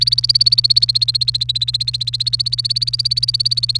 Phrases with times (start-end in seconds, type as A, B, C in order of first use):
0.00-3.80 A